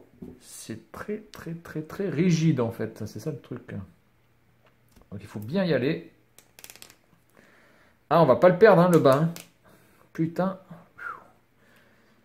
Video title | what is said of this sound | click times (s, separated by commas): Figurine DBZ - Yamcha | là par contre vous risquez pas le perdre et ça se clipse vraiment de manière très très dur ça | 6.6 s